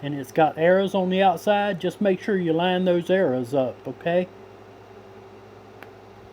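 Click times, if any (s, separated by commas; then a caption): 5.8 s. Someone talks for about four seconds while an ebike light's cable plug is lined up with its mating connector by its notch and arrows. After a low steady hum, a sharp, short click at 5.8 s marks the light connector popping in and seating.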